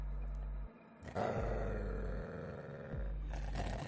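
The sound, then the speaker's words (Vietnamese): A black dog, scratching its front paws on a cement floor and facing toward a house gate, growls low and rough in a sustained rumble, easing briefly before rising again into a second stretch, over a steady low hum with no talking. “Nó cào cào hai chân trước vào nền xi măng, đoạn nhen nhanh hướng về phía cổng nhà Vân rồi gầm gừ một cách khó hiểu.”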